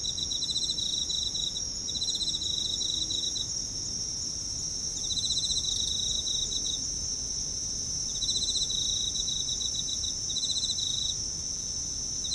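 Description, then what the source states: Night insects giving repeated bursts of rapid pulsed chirps, layered over a constant high-pitched insect drone and low ambient rumble. Night, Kashiwa Town, Japan; bugs with town ambience; mid-side stereo.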